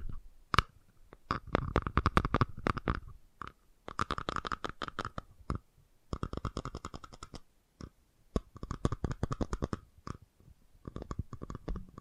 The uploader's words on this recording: FAST TAPPING (No Talking).